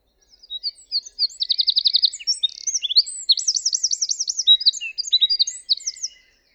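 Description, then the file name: Eurasian wren delivering an energetic, high-pitched song of rapid notes with a tight trill and a rolling trill, closing with sharp twittering. "Troglodytes troglodytes"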